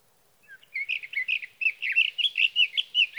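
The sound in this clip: Sage thrasher delivering a continuous, hurried warble of varied chirpy notes.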